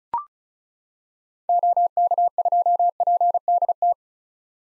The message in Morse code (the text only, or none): OK2PDT